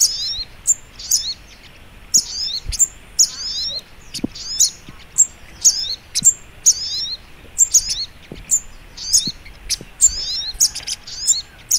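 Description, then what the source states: Little Spiderhunter singing: quick bursts of shrill, falling twitters and sharp ticks, repeated rapidly, with faint background noise. Masteran (training) recording, labelled Labaik.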